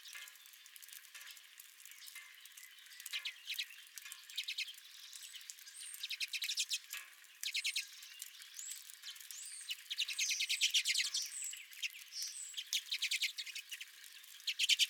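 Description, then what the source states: Redpoll: finch-like twittering and chattering from a flock, quiet at first, growing busier and louder through the second half. Redpolls at the recordist's own feeder.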